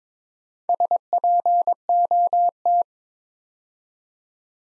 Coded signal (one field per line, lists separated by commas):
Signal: Morse code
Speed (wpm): 22 wpm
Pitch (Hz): 700 Hz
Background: none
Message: SPOT